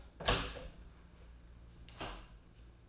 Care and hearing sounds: daily activity, microphone in the room; open door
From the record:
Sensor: 2

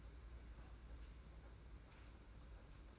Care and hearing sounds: daily activity, microphone in the room; open fridge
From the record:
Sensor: 2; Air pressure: 991.7 hPa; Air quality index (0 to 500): 222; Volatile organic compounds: 1000 ppm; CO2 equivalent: 7398 ppm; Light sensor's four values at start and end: 26/83/32/30 and 26/83/32/30

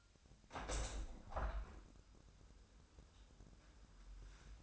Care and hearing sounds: daily activity, microphone in the room; open window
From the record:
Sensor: 2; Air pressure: 1006.2 hPa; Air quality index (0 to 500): 178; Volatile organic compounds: 9 ppm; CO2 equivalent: 2160 ppm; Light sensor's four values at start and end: 8/20/8/8 and 9/21/9/9

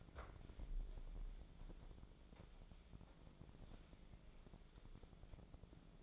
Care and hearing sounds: daily activity, microphone in the room; wipe stove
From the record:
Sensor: 5

